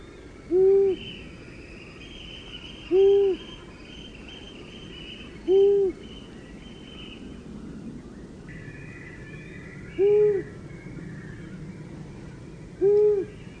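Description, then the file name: Owl repeating a single short hoot five times at uneven intervals, with steady insect sounds in the background. "Gufo"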